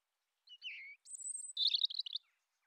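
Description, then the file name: European robin singing a brief phrase: a slurred high whistle, a longer very high thin note, then a rapid sparkling twitter. "Erithacus rubecula"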